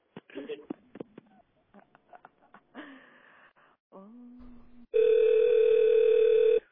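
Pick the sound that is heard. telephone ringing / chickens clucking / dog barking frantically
telephone ringing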